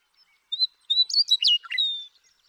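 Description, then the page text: Western meadowlark singing one phrase, opening with sweet whistles and sliding into a rapid, bubbly tumble of notes with a fading whistled tail. One male, nicknamed Bird 1, singing in Sierra Valley, eastern California, during 2018. "The joy of western meadowlark songs. Sierra Valley in eastern California where, during 2018. One male (call him Bird 1)"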